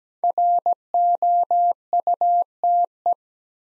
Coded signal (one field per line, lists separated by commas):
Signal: Morse code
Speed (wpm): 17 wpm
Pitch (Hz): 700 Hz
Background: none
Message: ROUTE